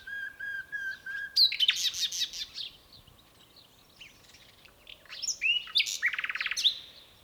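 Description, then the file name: Common nightingale song with a short series of repeated notes, then loud buzzy rattling bursts, a pause, and another rich chattering, trilled phrase. "Luscinia megarhynchos"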